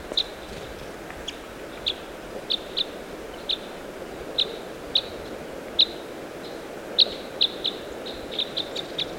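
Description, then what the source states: Red crossbill flight calls, crisp single and doubled kip notes spaced unevenly throughout, becoming denser toward the end, against a soft background hiss. Red crossbill of call type S, giving flight calls.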